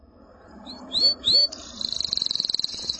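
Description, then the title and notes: Canary song: two upward-sweeping whistled notes followed by a fast high buzzy trill, over faint low background hum. "BM Suara Kenari. BM Suara Burung Kenari"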